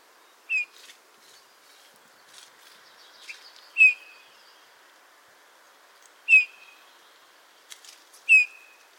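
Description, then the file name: Eurasian bullfinch calling: four short, soft, piping whistles, spaced a few seconds apart. "Pyrrhula pyrrhula"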